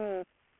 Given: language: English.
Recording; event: throat vibration sensor signal played as sound; speech